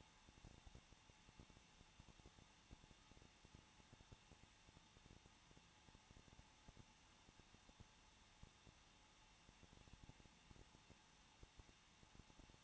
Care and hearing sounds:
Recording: daily activity, microphone in the room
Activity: no activity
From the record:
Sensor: 1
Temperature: 20.1 degrees Celsius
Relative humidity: 39.3%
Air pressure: 1006.4 hPa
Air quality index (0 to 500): 218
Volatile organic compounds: 80 ppm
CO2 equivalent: 3606 ppm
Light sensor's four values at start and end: 1/2/1/1 and 1/2/1/1

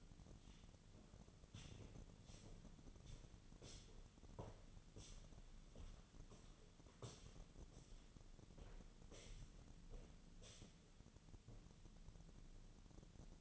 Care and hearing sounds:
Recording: daily activity, microphone in the room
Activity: walk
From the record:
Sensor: 4

